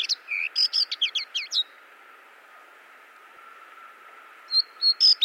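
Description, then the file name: White-eye song, a rapid string of sweet slurred high whistles lasting over a second, then a pause, then a few more bright notes at the end. Song (kicauan). "suara kicauan warbler kacamata"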